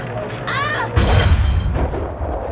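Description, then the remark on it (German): A single muffled gunshot, fired as a signal, lands as a dull low boom about a second in, its rumble trailing off over a steady windy hiss, with a brief high warbling tone just before it. “Das klang wie ein Schuss.”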